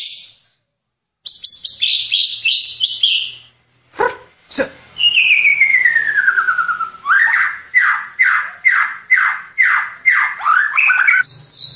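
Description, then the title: White-rumped shama song: bright whistled phrases with clicks, a long descending whistle, then a run of rapid repeated rising notes about twice per second. "Kicau Murai Batu"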